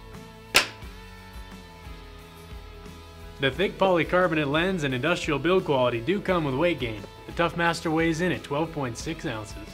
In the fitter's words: then pivoting it forward until it snaps closed.